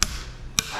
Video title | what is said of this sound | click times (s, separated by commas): xrv204110 final assembly | two clicks is enough for the final installation | 0.0 s